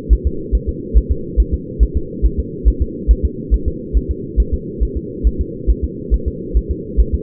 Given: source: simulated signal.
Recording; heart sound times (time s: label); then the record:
fetal heart sounds
0.13 s: S1
0.27 s: S2
0.55 s: S1
0.69 s: S2
0.97 s: S1
1.11 s: S2
1.40 s: S1
1.54 s: S2
1.83 s: S1
1.97 s: S2
2.25 s: S1
2.39 s: S2
2.68 s: S1
2.82 s: S2
3.11 s: S1
3.25 s: S2
3.54 s: S1
3.68 s: S2
3.97 s: S1
4.11 s: S2
4.40 s: S1
4.54 s: S2
4.83 s: S1
4.97 s: S2
5.27 s: S1
5.41 s: S2
5.70 s: S1
5.84 s: S2
6.14 s: S1
6.28 s: S2
6.57 s: S1
6.71 s: S2
7.00 s: S1
7.14 s: S2
From the record:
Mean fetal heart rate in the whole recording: 140 bpm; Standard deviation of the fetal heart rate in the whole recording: 2 bpm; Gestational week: 34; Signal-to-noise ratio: -4.3 dB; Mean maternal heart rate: 72 bpm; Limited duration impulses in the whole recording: absent